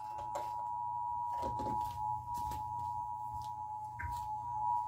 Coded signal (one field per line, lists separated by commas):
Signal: Emergency Alert System (SAME) tones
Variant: 853 and 960 Hz attention tone